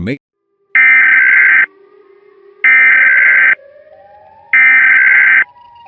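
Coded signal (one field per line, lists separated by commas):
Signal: Emergency Alert System (SAME) tones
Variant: header bursts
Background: speech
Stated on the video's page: Fictional SCP-based EAS scenario using real EAS alert tones.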